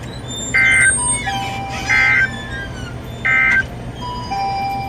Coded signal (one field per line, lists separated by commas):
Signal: Emergency Alert System (SAME) tones